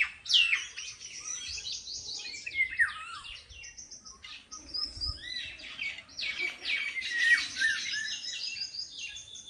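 Bird song, a dense run of high chirps, trills and sweeping whistles that pauses briefly near the middle and then picks up again as a fast, busy warble.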